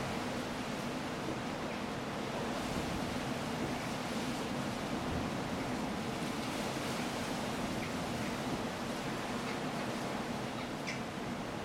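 A storm on the coast roars as a dense, unbroken wash of wind and surf, steady in level for the whole stretch. The rushing sound is full and bright, with a faint low hum underneath and a few brief sharp ticks near the end.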